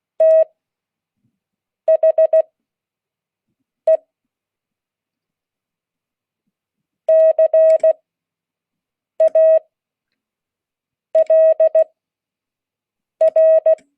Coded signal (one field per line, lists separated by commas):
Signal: Morse code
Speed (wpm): 16 wpm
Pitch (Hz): 640 Hz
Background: none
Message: THE CALR